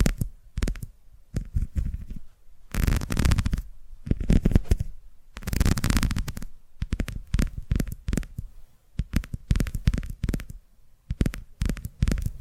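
ASMR tapping in quick irregular bursts of soft, low thuds with crisp bright edges, pausing briefly, with denser rubbing stretches near three and six seconds.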